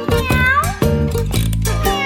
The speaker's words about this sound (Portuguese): E vem o gatinho.